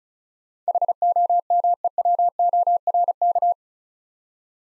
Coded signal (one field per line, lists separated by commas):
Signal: Morse code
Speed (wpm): 36 wpm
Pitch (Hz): 700 Hz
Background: none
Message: HOMEWORK